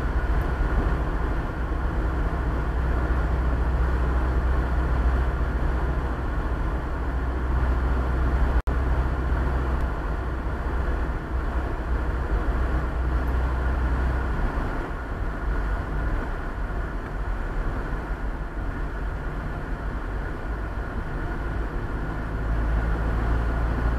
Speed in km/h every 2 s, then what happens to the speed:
52, 51, 52, 52, 53, 53, 53, 52, 50, 43, 44, 47.
0-12 steady at about 52. 12-18 slows to 43.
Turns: none.